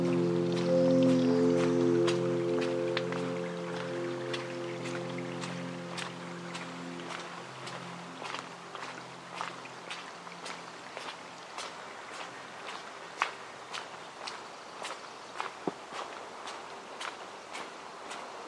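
A walk through the Upper Macleay section of Forest Park in Portland, Oregon, with crisp footsteps ticking at a steady pace throughout. A low droning hum, likely a vehicle, fades away over the first seven seconds, leaving footsteps over a soft hiss.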